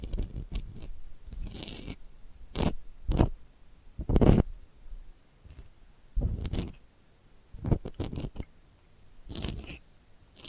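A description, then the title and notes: Delicate scratching comes in short, irregular bursts of dry rasping, some brief and sharp, others lasting under a second, with quiet gaps between them. The strokes are gritty and reach from a low rustle up into bright hiss, the firmest near four seconds. ASMR Delicate Scratching for Sleep (No Talking).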